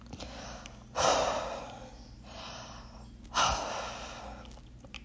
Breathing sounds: deep breathing after running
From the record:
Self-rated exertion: moderate exertion (3 of 6); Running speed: 7 miles an hour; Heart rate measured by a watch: 89 beats a minute at the start, 90 at the end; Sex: female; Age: 24 years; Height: 163 cm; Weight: 52 kg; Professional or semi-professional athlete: no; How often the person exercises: 1 to 2 times a week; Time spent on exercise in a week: under 1 hour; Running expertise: no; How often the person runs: 1 to 2 times a week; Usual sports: interval training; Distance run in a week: 5 km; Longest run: 3 km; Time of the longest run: 30 minutes

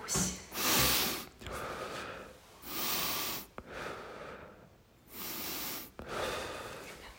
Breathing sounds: deep breathing after running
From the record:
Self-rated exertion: light exertion (2 of 6); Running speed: 7 miles an hour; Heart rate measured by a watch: 100 beats a minute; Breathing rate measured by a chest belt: 15 breaths a minute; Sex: male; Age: 23 years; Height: 172 cm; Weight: 73 kg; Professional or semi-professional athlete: no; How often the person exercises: 3 to 5 times a week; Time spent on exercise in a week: over 5 hours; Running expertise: yes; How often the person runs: 3 to 5 times a week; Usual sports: running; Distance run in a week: 40 km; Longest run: 20 km

